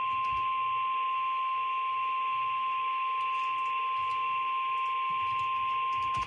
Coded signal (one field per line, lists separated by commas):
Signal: Emergency Alert System (SAME) tones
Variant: 1050 Hz attention tone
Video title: EAS 1401: NWS Twin Cities Tornado Warning #2